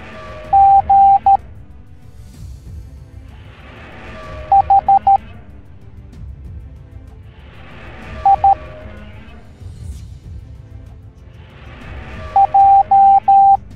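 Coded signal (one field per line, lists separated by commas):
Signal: Morse code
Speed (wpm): 13 wpm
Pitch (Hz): 790 Hz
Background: music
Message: G H I J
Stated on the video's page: Morse code alphabet lesson for kids set to Minecraft Wither Storm animation.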